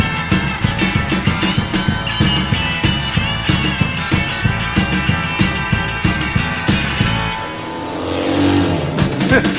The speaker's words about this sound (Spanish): Uno de los músicos se dedica nada más. Tiene grabado a la motocicleta y la sube y baja el sonido de vez en cuando. En vez de tocar la guitarra, un poco de motocicleta.